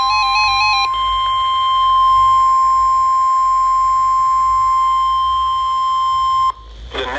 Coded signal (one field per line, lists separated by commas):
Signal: Emergency Alert System (SAME) tones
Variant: 1050 Hz attention tone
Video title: EAS Tripleheader Toronto warning flood watch severe thunderstorm warning